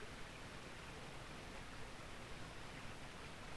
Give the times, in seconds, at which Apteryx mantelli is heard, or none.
none